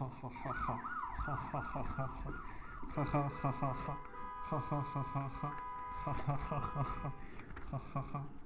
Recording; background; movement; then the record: laughter; traffic; sitting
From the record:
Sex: male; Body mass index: 23.7 kg/m2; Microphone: on the chest, facing the body